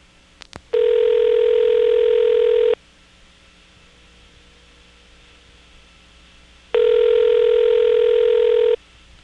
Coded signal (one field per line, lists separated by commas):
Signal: telephone call progress tone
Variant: North America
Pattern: ringback tone